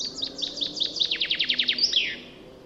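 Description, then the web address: Common chaffinch song: a quick run of sharp, descending notes that speeds up into a fast rattling trill and ends in a brief flourish, with faint background hiss. "Deverinetal 2025 File origin Bird Only Fr Co"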